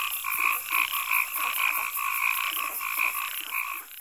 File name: Frogs on pond with cicadas in background